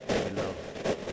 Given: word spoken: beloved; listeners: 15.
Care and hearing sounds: one English word in noise, from a listening test; noise modulated by three-talker babble; -7.4 dB; 1 of 15; 9 of 15; 0.72 s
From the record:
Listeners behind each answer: 9, 2, 1, 1, 1, 1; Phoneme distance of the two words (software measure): 21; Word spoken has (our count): 3 syllables, 6 phonemes, stress on syllable 2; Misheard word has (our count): 1 syllable, 3 phonemes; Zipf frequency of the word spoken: 3.86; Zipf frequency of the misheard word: 5.88

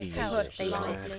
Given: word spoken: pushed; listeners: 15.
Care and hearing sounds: one English word in noise, from a listening test; four-talker babble; -2.7 dB; 2 of 15; 7 of 15; 0.80 s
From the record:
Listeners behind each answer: 7, 3, 2, 2, 1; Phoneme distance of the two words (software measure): 7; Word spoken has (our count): 1 syllable, 4 phonemes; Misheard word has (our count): 1 syllable, 3 phonemes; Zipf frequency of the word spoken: 4.51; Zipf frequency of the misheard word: 4.92

